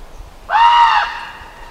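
Raven uttering a single drawn-out call lasting about half a second, steady in pitch and rich in overtones.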